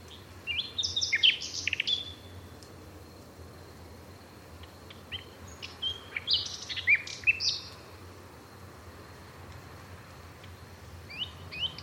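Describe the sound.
Bird calls: clusters of high, sharp chirps come in irregular bursts with quiet gaps between, over a faint low hum.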